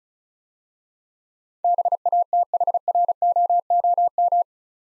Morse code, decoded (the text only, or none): BATHROOM